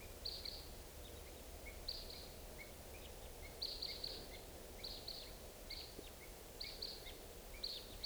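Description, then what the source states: Red Crossbill calls: short, sharp kip notes repeated irregularly, often doubled, with fainter lower notes between them over a steady background hiss. Type 2 calls; morning, 6:55; three or four birds responding, possibly flying right over.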